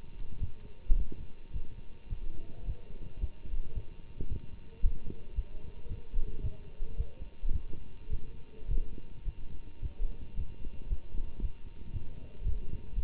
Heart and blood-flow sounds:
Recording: heart sounds by stethoscope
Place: between the tricuspid and mitral areas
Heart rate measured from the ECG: 110 bpm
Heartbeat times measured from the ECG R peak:
0.39 s: heartbeat
0.96 s: heartbeat
1.52 s: heartbeat
2.09 s: heartbeat
2.65 s: heartbeat
3.20 s: heartbeat
3.74 s: heartbeat
4.28 s: heartbeat
4.82 s: heartbeat
5.35 s: heartbeat
5.88 s: heartbeat
6.42 s: heartbeat
6.96 s: heartbeat
7.52 s: heartbeat
8.09 s: heartbeat
8.67 s: heartbeat
9.24 s: heartbeat
9.81 s: heartbeat
10.36 s: heartbeat
10.89 s: heartbeat
11.41 s: heartbeat
11.92 s: heartbeat
12.43 s: heartbeat
12.95 s: heartbeat
From the record:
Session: Bruce protocol treadmill stress test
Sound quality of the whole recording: good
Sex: male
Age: 24 years

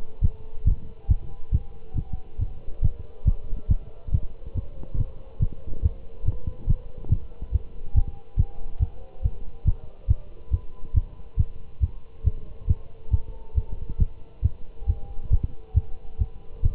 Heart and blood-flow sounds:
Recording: heart sounds by stethoscope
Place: between the tricuspid and mitral areas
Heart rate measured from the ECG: 139 bpm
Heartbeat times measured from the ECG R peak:
0.23 s: heartbeat
0.66 s: heartbeat
1.10 s: heartbeat
1.53 s: heartbeat
1.97 s: heartbeat
2.40 s: heartbeat
2.83 s: heartbeat
3.27 s: heartbeat
3.70 s: heartbeat
4.13 s: heartbeat
4.56 s: heartbeat
4.99 s: heartbeat
5.41 s: heartbeat
5.84 s: heartbeat
6.27 s: heartbeat
6.69 s: heartbeat
7.11 s: heartbeat
7.54 s: heartbeat
7.96 s: heartbeat
8.38 s: heartbeat
8.81 s: heartbeat
9.24 s: heartbeat
9.66 s: heartbeat
10.09 s: heartbeat
10.53 s: heartbeat
10.96 s: heartbeat
11.39 s: heartbeat
11.82 s: heartbeat
12.26 s: heartbeat
12.69 s: heartbeat
13.12 s: heartbeat
13.56 s: heartbeat
14.00 s: heartbeat
14.44 s: heartbeat
14.88 s: heartbeat
15.32 s: heartbeat
15.76 s: heartbeat
16.20 s: heartbeat
16.64 s: heartbeat
From the record:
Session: Bruce protocol treadmill stress test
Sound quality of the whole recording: good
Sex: male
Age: 25 years

